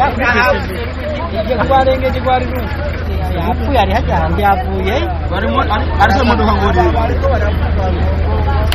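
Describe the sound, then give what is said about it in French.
Crowd hubbub at the parking lot for southbound transport buses beside the former market of Bujumbura: many voices talk and shout over one another in a dense, continuous babble, with a steady low engine rumble droning underneath the whole time. “juste à côté de l'ex-marché de Bujumbura, sur le parking des bus de transport du sud de Bujumbura.”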